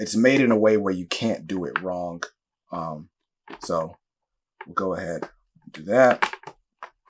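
The plastic front frame of a drop-side sneaker display box is being handled and lined up over the lip on the box panel while someone talks. A couple of faint handling taps come near the end, but nothing has seated or snapped into place yet.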